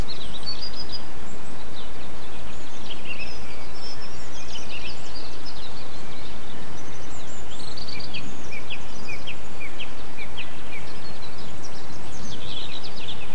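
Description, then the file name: Several birds give high twittering chirps and brief whistled notes in bursts, with a constant low rushing noise underneath. Birdsong extract recorded 8 April 2007 on an MZ-N 710 recorder. "MZ-N 710 Chants d oiseaux 8 04 07 extrait"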